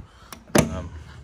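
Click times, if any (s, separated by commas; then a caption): 0.3 s, 0.6 s. A draw latch, apparently metal, on a truck-bed camper shell panel is pushed closed. A faint sharp click at 0.3 s is followed by a louder snap at 0.6 s with a short low-pitched ring. The latch clicks shut and is seated.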